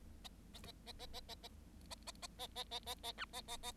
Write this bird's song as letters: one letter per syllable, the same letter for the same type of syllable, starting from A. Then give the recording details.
A A A A A A A A A A A A A A A A B A A A. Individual Bird7